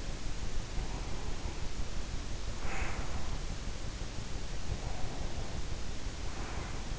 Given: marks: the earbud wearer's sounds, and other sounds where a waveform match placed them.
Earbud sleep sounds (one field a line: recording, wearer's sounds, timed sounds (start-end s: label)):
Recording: sounds in sleep by an in-ear microphone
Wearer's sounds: breath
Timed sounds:
0.69-3.55 s: breath
4.53-6.99 s: breath